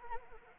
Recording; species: mosquito wingbeat signal from an infrared sensor; Anopheles arabiensis